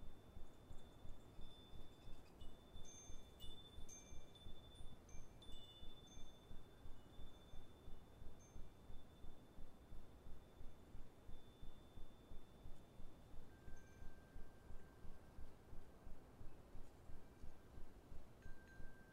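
Wind chimes ring in an autumn wind. Bright, thin strikes cluster in the first seven seconds over a long sustained high note, and a lower tone sounds near the end. Beneath them runs a steady, low wind rumble that pulses in quick, regular waves.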